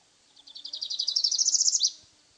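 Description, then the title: Tropical parula singing a high, buzzy trill that climbs in pitch for about one and a half seconds. Subspecies pulchra. "LuckyPassaro Completos2Sama. Tropical Parula (Setophaga pitiayumi pulchra)"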